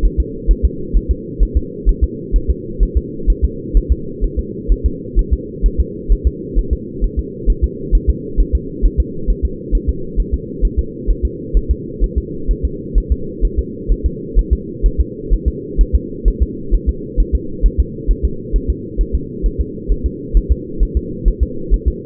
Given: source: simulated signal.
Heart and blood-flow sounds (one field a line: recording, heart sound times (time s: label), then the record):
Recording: fetal heart sounds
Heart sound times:
0.05 s: S1
0.20 s: S2
0.51 s: S1
0.65 s: S2
0.97 s: S1
1.11 s: S2
1.43 s: S1
1.57 s: S2
1.89 s: S1
2.04 s: S2
2.36 s: S1
2.50 s: S2
2.83 s: S1
2.97 s: S2
3.30 s: S1
3.44 s: S2
3.77 s: S1
3.92 s: S2
4.24 s: S1
4.39 s: S2
4.72 s: S1
4.86 s: S2
5.19 s: S1
5.33 s: S2
5.66 s: S1
5.80 s: S2
6.12 s: S1
6.27 s: S2
6.59 s: S1
6.73 s: S2
7.04 s: S1
7.19 s: S2
7.50 s: S1
7.64 s: S2
7.95 s: S1
8.10 s: S2
8.40 s: S1
8.55 s: S2
8.85 s: S1
9.00 s: S2
9.30 s: S1
9.45 s: S2
9.75 s: S1
9.89 s: S2
10.20 s: S1
10.34 s: S2
10.65 s: S1
10.79 s: S2
11.10 s: S1
11.25 s: S2
11.57 s: S1
11.71 s: S2
12.04 s: S1
12.18 s: S2
12.51 s: S1
12.65 s: S2
12.98 s: S1
13.12 s: S2
13.45 s: S1
13.59 s: S2
13.92 s: S1
14.06 s: S2
14.39 s: S1
14.53 s: S2
14.86 s: S1
15.00 s: S2
15.34 s: S1
15.48 s: S2
15.81 s: S1
15.95 s: S2
16.28 s: S1
16.42 s: S2
16.74 s: S1
16.89 s: S2
17.20 s: S1
17.35 s: S2
17.66 s: S1
17.80 s: S2
18.11 s: S1
18.25 s: S2
18.56 s: S1
18.70 s: S2
19.01 s: S1
19.15 s: S2
19.46 s: S1
19.61 s: S2
19.91 s: S1
20.06 s: S2
20.37 s: S1
20.52 s: S2
20.83 s: S1
20.97 s: S2
21.28 s: S1
21.43 s: S2
21.74 s: S1
21.88 s: S2
From the record:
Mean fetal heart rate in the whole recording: 130 bpm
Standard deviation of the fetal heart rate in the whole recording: 2 bpm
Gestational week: 36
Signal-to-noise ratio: -4.3 dB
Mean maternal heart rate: 72 bpm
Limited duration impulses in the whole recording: absent